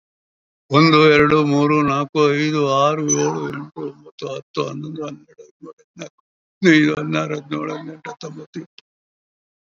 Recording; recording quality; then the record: counting at a fast pace; excellent, no background noise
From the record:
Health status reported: COVID-19 positive, mild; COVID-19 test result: positive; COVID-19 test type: RT-PCR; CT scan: taken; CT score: 2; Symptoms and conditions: cough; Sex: male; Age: 60 years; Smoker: no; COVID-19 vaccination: both doses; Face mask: worn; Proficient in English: no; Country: India